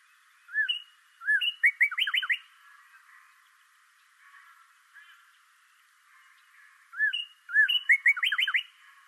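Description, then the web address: Bird song phrases of two short arched whistles followed by a quick run of sliding, slightly buzzy notes, given twice with a quiet gap between them. Recorded 26 March 2012. "sounds birds 2012 03 26 bird 01"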